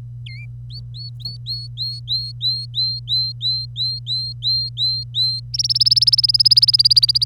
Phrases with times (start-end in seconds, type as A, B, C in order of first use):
0.25-0.45 A, 0.71-5.40 B, 5.54-7.24 C